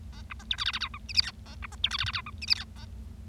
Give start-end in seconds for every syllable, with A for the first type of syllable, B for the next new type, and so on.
0.13-0.22 A, 0.30-0.33 B, 0.39-0.43 C, 0.50-0.56 D, 0.58-0.64 E, 0.65-0.71 F, 0.73-0.79 F, 0.81-0.88 G, 0.94-0.98 H, 1.09-1.12 I, 1.14-1.21 J, 1.22-1.31 K, 1.46-1.55 A, 1.62-1.66 B, 1.72-1.75 C, 1.83-1.89 D, 1.91-1.97 E, 1.98-2.04 F, 2.06-2.11 F, 2.13-2.21 G, 2.26-2.30 H, 2.42-2.45 I, 2.47-2.54 J, 2.55-2.64 K, 2.76-2.85 A